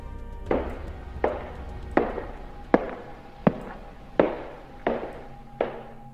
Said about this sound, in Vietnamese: Trong cái cơn mê man, cảm giác ở trong nhà như có những tiếng động lạ. Có những tiếng bước chân cứ đi đi lại lại, quanh quẩn ở trong nhà, vang lên trên sàn gỗ.